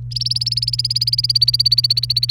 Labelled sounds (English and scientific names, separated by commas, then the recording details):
Domestic Canary (Serinus canaria) song
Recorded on 29 April 2018 at 08:52
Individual llb3